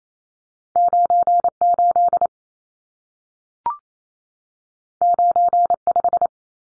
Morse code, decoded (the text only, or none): 98 95